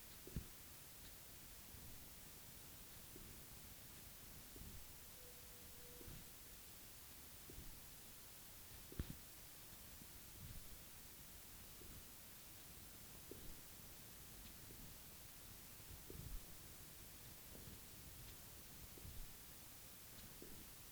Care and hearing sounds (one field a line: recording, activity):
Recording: daily activity, guitar pickup as the sensor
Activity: jump